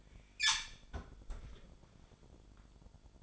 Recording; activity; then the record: daily activity, microphone in the room; close fridge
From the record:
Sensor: 5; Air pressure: 1007.9 hPa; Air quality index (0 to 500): 90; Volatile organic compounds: 1 ppm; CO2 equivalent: 713 ppm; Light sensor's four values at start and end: 44/101/42/44 and 42/96/40/42